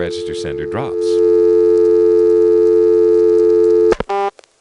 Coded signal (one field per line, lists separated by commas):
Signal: telephone call progress tone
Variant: North America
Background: speech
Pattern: dial tone